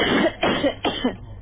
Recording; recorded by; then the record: voluntary cough; telephone call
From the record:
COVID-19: positive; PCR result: self-reported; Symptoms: no